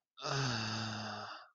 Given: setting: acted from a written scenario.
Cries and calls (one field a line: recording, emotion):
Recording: vocal sound without words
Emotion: ecstasy